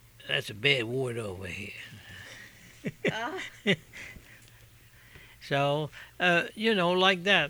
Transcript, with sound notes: That's a bad word over here." ( they laugh ) So, uh, you know, like that.